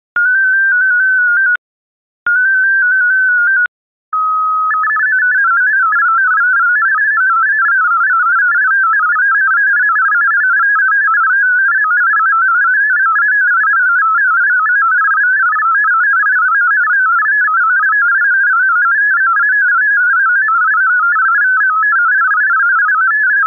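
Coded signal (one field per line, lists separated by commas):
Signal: multi-tone FSK (Olivia or MFSK type)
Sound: brief tone bursts, then a steady warbling melody of fast-hopping tones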